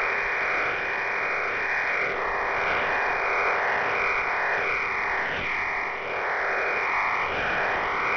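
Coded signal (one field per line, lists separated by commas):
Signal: numbers station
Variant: HM01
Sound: continuous dense rushing hiss in a narrow band, steady and unbroken, like a data modem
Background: radio static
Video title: HM01 Cuban Numbers 30/06/2024 0730 UTC 13435kHz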